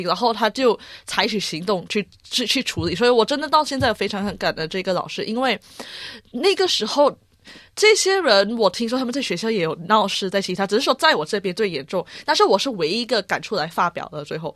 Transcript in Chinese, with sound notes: 他就采取行动去去去处理，所以我真的到现在非常感恩这个老师。因为 [吸气声] 那个时候这些人，我听说他们在学校也有闹事，在其他，只是说在我这边最严重，但是我是唯一一个敢出来发表的最后。